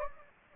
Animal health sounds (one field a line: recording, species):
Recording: mosquito wingbeat signal from an infrared sensor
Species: Anopheles gambiae